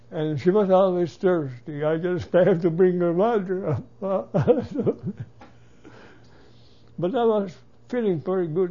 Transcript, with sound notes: and she was always thirsty. I just had to bring her water (he laughs) but I was feeling very good.